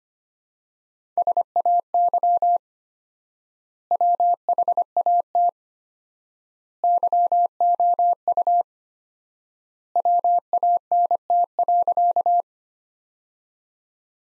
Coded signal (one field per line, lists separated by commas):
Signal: Morse code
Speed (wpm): 25 wpm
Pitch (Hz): 700 Hz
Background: none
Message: SAY WHAT YOU WANT.